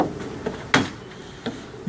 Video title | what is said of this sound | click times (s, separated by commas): How To Fix Blower Rattling Noise in HUMMER H2 - How To Fix AC Compressor Rattling Noise | heard the snap so | 0.7 s